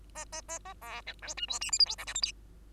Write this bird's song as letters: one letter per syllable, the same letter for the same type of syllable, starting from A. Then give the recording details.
A A A A B C D E F G H I J K L M N. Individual Bird2